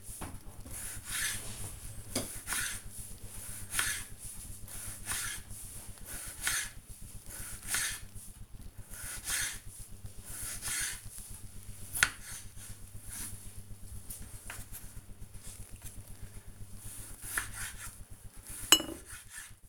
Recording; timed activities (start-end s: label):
household activities, microphone on the right wrist
0.00-19.69 s: cutting vegetables